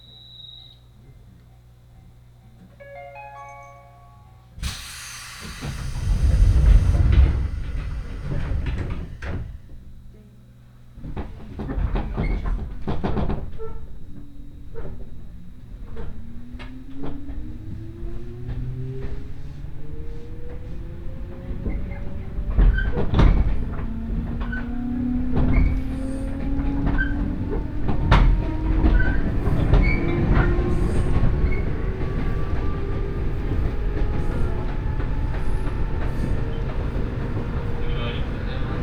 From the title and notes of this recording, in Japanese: 仙石線 普通 松島海岸→石巻。仙台からの通勤通学客を主に乗せた電車も徐々に人が減っていく感じが分かります。